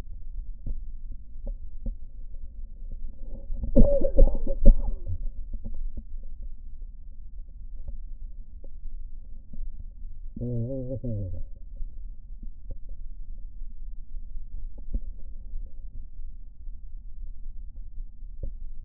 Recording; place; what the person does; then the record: lung sounds by stethoscope; left posterior basal chest; quiet breathing, then cough and speech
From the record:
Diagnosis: interstitial lung disease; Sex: male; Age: 66 years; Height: 172 cm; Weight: 107.6 kg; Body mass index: 36.4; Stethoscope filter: diaphragm mode